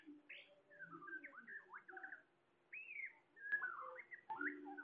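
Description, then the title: Bird song of bright whistled slurs and chirps, a brief pause midway, then livelier bursts resume. "SuaraBurung Kicau"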